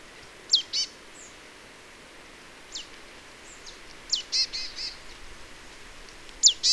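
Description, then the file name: Marsh tit calls: a pair of sharp high downslurred notes, then a short run of buzzy nasal notes near four seconds, and another pair of sharp calls at the end. "Poecile palustris"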